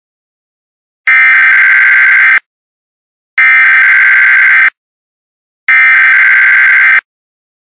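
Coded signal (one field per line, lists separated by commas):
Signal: Emergency Alert System (SAME) tones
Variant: header bursts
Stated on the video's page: Fake EAS alert made as a prank, not a real broadcast.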